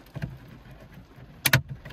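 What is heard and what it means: The plastic dashboard trim around the radio of a 2009–2017 Ford Fiesta, held in by six clips, is pried off during removal to install an Android touchscreen GPS unit with CarPlay and Bluetooth. After quiet handling noises and a soft tap near 0.2 seconds, two loud, sharp plastic pops sound in quick succession at about 1.5 seconds as the clips release. Faint rustles follow.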